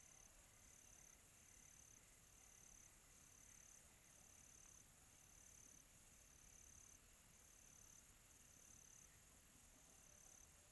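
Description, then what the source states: Cricket song of high, even trills repeating about once a second, faint and steady throughout, with a low background hiss. Quiet tropical night.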